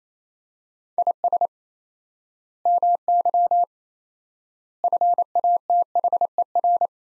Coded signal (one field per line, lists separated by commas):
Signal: Morse code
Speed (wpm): 28 wpm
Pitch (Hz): 700 Hz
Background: none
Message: IS MY FATHER